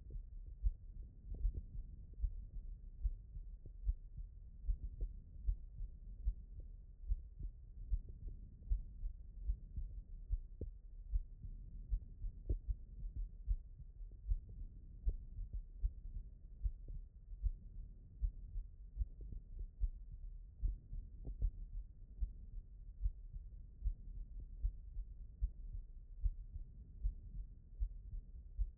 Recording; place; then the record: heart sounds by stethoscope; aortic valve (AV)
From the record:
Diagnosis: non-HFrEF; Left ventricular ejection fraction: 79%